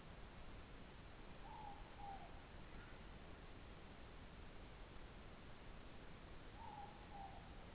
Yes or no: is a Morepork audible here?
yes